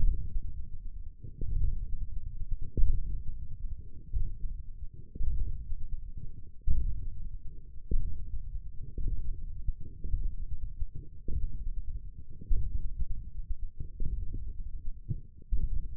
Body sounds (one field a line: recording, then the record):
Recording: forearm muscle sounds (acoustic myography)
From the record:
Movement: ulnar deviation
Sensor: system 1, eight BSWA MPA416 microphones around the upper forearm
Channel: 3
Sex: male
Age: 20 years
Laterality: left